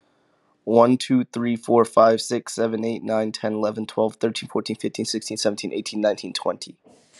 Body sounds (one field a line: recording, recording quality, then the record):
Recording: counting at a fast pace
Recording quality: excellent, no background noise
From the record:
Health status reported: COVID-19 positive, moderate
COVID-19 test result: positive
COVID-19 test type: RT-PCR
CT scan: not taken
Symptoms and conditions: cough, cold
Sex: male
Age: 23 years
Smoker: no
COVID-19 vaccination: both doses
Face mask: not worn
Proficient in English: yes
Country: United States